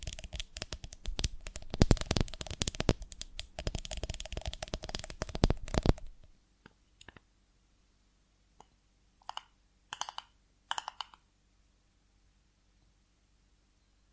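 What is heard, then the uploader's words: ASMR of a honeycomb on a branch: for the first six seconds, dense crackly crinkling and sharp ticks pile up quickly. Then the sound thins to scattered single clicks and a few short bright rustling bursts around the tenth and eleventh seconds, followed by near silence. ASMR of a Honeycomb on Branch (No Talking).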